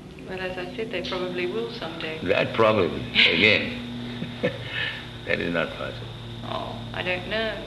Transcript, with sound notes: And as I said, they probably will some day.
That "probably" again. [laughs] That is not possible.
Oh, I don't know.